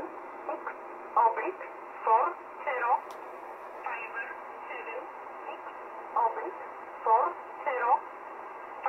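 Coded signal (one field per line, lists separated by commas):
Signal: numbers station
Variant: E11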